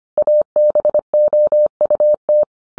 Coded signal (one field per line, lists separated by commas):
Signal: Morse code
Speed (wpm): 25 wpm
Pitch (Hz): 600 Hz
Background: none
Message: ABOUT